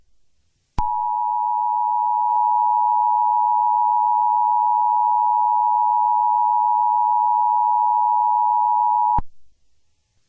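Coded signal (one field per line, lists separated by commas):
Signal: Emergency Alert System (SAME) tones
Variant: 853 and 960 Hz attention tone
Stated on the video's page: Fictional EAS scenario.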